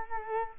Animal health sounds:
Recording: mosquito wingbeat signal from an infrared sensor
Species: Culex quinquefasciatus

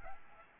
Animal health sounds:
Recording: mosquito wingbeat signal from an infrared sensor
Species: Aedes albopictus

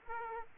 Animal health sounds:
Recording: mosquito wingbeat signal from an infrared sensor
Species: Aedes aegypti

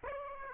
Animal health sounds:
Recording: mosquito wingbeat signal from an infrared sensor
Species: Aedes aegypti

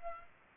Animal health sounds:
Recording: mosquito wingbeat signal from an infrared sensor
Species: Aedes aegypti

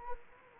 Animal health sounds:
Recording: mosquito wingbeat signal from an infrared sensor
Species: Anopheles gambiae

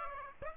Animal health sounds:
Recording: mosquito wingbeat signal from an infrared sensor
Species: Aedes aegypti

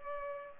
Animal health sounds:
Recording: mosquito wingbeat signal from an infrared sensor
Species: Culex pipiens

